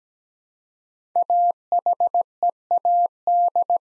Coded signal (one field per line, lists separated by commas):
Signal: Morse code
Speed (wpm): 17 wpm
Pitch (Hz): 700 Hz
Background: none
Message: AHEAD